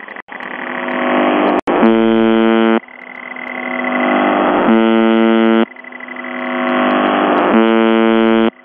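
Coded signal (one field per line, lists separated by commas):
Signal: numbers station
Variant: UVB-76 (The Buzzer)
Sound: three harsh low buzzes, each about one second, separated by rushing static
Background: radio static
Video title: The Buzzer/UVB-76(4625Khz) September 16, 2021 13:06UTC Voice message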